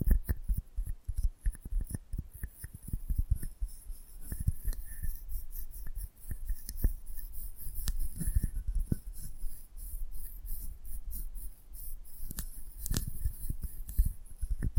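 Close-up microphone handling noise: a dense, uneven stream of scratchy rubs, clicks and taps runs throughout, with dull low thumps underneath. Louder, sharper cracks stand out around 8 and 13 seconds, and a faint thin tone briefly surfaces now and then.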